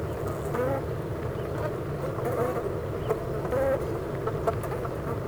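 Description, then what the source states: Honey bee hive droning steadily, a thick low hum broken by occasional brighter buzzes of individual bees. Honey bee hive at Clara Vale, Gateshead, UK.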